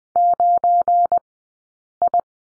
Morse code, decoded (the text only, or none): 9I